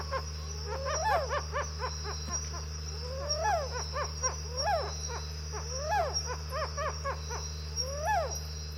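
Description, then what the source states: White-browed Owl calling: a series of sharp notes with harmonics that rise and then fall, over a steady low generator hum. Heard on several nights in the spiny forest of Madagascar; low-frequency generator hum in the recording, partly filtered out.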